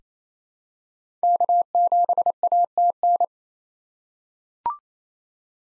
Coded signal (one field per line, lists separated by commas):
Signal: Morse code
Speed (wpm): 28 wpm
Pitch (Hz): 700 Hz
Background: none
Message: K7ATN